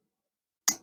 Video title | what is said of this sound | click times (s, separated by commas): The YF Smart "Bird" Compact 2.4" Fixed Blade EDC Knife - A Knight Elements "Hummingbird" Clone? | that just snaps into place | 0.7 s